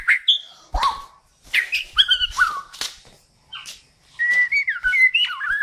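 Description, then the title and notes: Bird song of clear whistled notes and sharp chips in uneven bursts, ending with a run of level and wavering whistles. Described as a champion (jawara) songbird singing. "kicau burung jawara"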